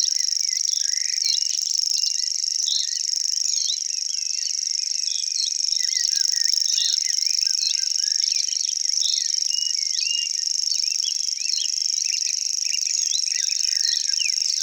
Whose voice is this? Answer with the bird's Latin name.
Locustella naevia